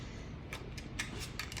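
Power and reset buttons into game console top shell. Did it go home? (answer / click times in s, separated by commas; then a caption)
no / none. Plastic power and reset buttons are handled and pressed toward the top shell of an N64 game console over a steady low background hum. Short, sharp plastic taps are heard around 1.0, 1.4 and 1.6 seconds. Nothing has seated or snapped in yet.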